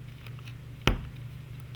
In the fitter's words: there you hear one snap